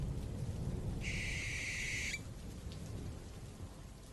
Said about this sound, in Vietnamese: Sau khi thân xác bị vùi lấp dưới đáy sông lạnh lẽo, còn chim lợn dùng mình rồi cất cánh lao vụt lên tầng không. Cổ họng của nó cất lên ba tiếng kêu đầy ai oán.